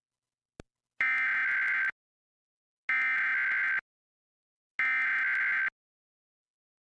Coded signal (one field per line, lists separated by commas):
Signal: Emergency Alert System (SAME) tones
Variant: header bursts